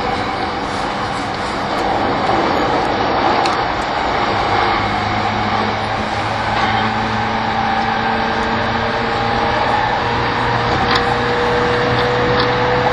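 A Yamanote Line E231 series train running on the outer loop, its steady rumble filling the whole clip at an even level. Motor tones hum and shift in pitch, rising slowly after about seven seconds, with occasional faint clicks and squeaks over the constant noise.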